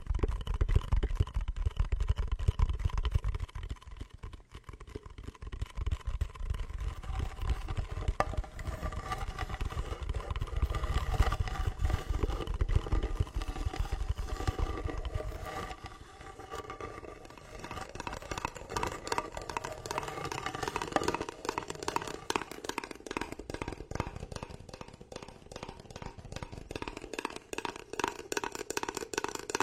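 Wooden massage tools work continuously in a spa massage, making dense, rapid rubbing and tapping strokes with no pauses. For the first half a heavy low rumble sits under the strokes. After about sixteen seconds it thins, and the strokes turn crisper and more rhythmic.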